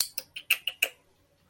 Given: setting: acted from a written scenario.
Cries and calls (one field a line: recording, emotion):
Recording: vocal sound without words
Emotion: disgust